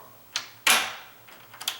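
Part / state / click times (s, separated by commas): deadbolt bolt in lock body / seated / 1.7 s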